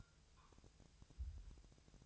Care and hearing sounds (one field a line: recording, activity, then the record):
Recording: daily activity, microphone in the room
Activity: take from stove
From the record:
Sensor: 2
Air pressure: 999.2 hPa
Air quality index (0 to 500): 198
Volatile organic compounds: 28 ppm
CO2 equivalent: 2922 ppm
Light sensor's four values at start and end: 6/15/6/6 and 6/15/6/6